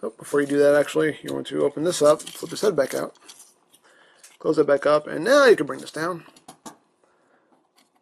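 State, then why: Seated. Someone talks while handling a plastic section of a toy robot, then brings it down into the body. It locks into place with a sharp click at 6.5 seconds, followed by a few faint taps.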